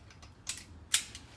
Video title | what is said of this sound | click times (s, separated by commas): School Bus Pre-Trip Inspection (Maryland) | sure the snaps in place and it's tighten secure | 0.9 s